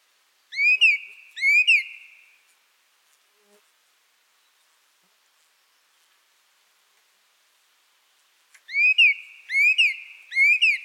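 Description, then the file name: Thrush song, clear whistled notes that sweep up and then down: a pair of phrases, a long silence, then several more. "drozd"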